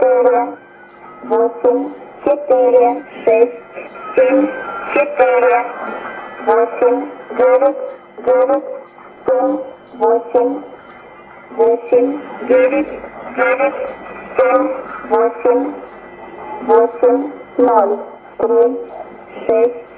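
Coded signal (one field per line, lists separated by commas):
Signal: numbers station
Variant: S06s, Russian female voice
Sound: female voice reading short, evenly spaced words, apparently numbers, at a steady pace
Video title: 03 03 2015 Numbers station S06s 1514 on 7242 USB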